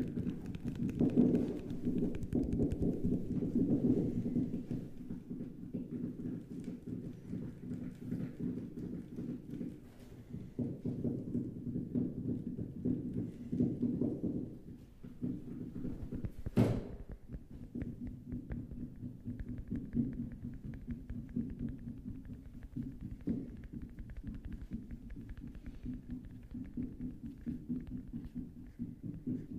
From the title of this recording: Tapping Overload